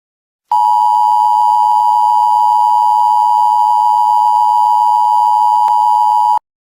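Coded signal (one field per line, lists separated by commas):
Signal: Emergency Alert System (SAME) tones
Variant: 853 and 960 Hz attention tone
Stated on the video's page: Fictional EAS scenario about a deadly virus.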